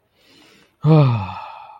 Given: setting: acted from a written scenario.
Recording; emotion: vocal sound without words; contentment